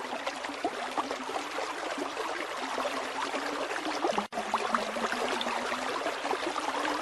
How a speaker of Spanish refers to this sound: Después de un largo recorrido en silencio, escuché el rumor de un arroyo.